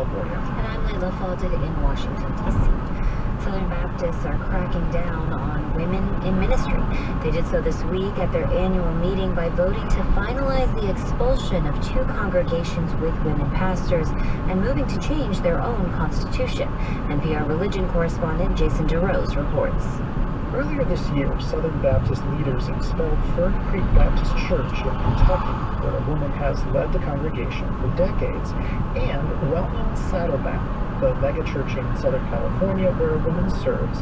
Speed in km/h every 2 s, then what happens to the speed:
56, 58, 58, 61, 61, 61, 61, 61, 61, 61, 61, 60, 60, 60, 60, 61, 63.
0-34 steady at about 61.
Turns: none.